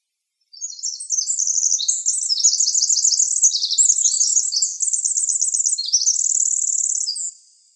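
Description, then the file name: Winter wren song, a sustained torrent of high, tinkling trills and rapid twitters changing pitch, lasting nearly seven seconds. Recorded in Arizona on 26 June 2006. "WIWR COONS"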